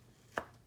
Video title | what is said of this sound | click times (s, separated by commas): Honda Acty Oil change and Tune up DIY | guys heard that click now we're gonna do the rest of them | 0.4 s